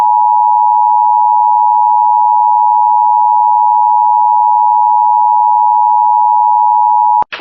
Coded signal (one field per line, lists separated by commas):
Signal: Emergency Alert System (SAME) tones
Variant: 853 and 960 Hz attention tone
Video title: EAS | flood statement in Barbour County, West Virginia | plus, what are these clapping coming from?